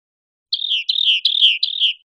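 Rock wren calls: four buzzy, trilled notes, each sliding slightly downward, given in quick succession about every third of a second.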